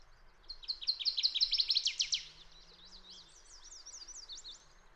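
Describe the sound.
Fox sparrow song: a rapid series of clear whistled notes building to a buzzy peak, then a softer string of slurred zigzag notes, with a faint low hum underneath.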